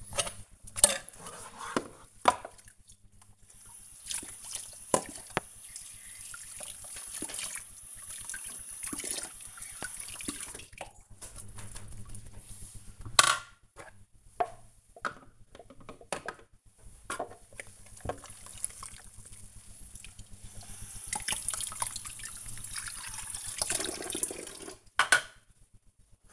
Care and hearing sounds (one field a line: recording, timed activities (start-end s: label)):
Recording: household activities, microphone on the right wrist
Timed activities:
0.00-26.33 s: washing dishes